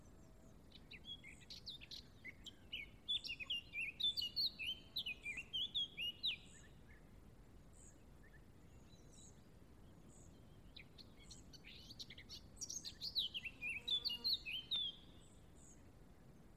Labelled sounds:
Eurasian Blackcap (Sylvia atricapilla) song
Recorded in the wild
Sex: male
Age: adult
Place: Tiuccia, Corsica, FR
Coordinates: 42.0761, 8.74361
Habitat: macchia
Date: 2011-07-14
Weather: sunny, 20°C, weak wind
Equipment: Zoom H2, rear micophones
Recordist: Frommolt, Karl-Heinz

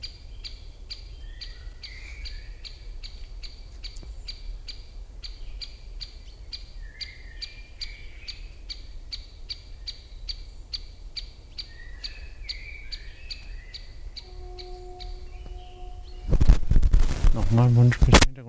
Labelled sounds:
Great Spotted Woodpecker (Dendrocopos major)
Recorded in the wild
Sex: female
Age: adult
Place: Groß Schönebeck, Schorfheide, Brandenburg, DE
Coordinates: 52.9275, 13.5992
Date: 1997-03-26 17:25
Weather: overcast, ca. 0°C, almost no wind
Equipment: Sony MD-WM MZ-R3, Sennheiser MKH 416 T, Kopie Uher 4000 Report Monitor
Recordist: Tembrock, Günter

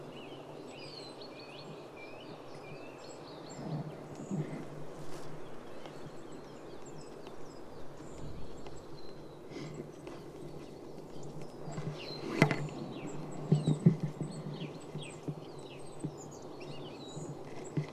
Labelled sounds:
Goldcrest (Regulus regulus) call
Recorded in the wild
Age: adult
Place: Schönow, Naturpark Barnim, Brandenburg, DE
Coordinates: 52.6906, 13.5392
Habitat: pine forest
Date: 2005-03-28
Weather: fair, ca. 0°C, moderate winds
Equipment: Tascam DA-P1, Telinga Pro 5
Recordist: Frommolt, Karl-Heinz

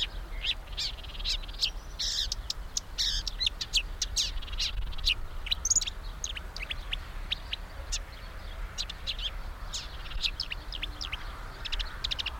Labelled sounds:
Marsh Warbler (Acrocephalus palustris)
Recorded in the wild
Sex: male
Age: adult
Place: Blankenfelde, Berlin, DE
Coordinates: 52.645, 13.395
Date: 1992-05-30 10:40
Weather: sonnig, 19-23°C, böiger Wind
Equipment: Marantz CP 430, Sennheiser ME 80, K 30 AV, Kopie Tesla B 116
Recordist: Tembrock, Günter

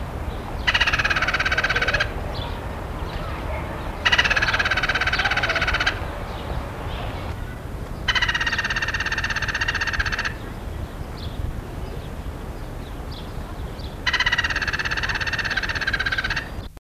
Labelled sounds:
West Indian Woodpecker (Melanerpes superciliaris) call
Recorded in captivity
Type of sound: call
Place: Zoo Frankfurt, Rheinland-Pfalz, DE
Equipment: Halbspur, 9,5 cm/s
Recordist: Lütgens, Hans
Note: Erregt

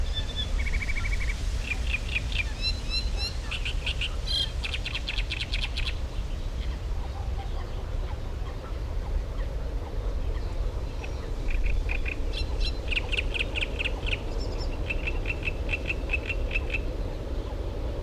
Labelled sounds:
Great Reed Warbler (Acrocephalus arundinaceus)
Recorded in the wild
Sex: male
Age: adult
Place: Karower Teiche, Naturpark Barnim, Berlin, DE
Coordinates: 52.624, 13.462
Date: 1993-05-20 10:25
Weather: heiter, 22-25°C
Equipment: Marantz CP 430, Sennheiser ME 80, Kopie Uher Variocord 263
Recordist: Tembrock, Günter

